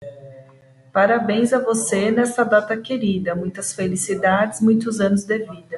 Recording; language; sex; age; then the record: short text; Brazilian Portuguese; female; 30 to 39 years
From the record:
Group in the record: control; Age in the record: 33 years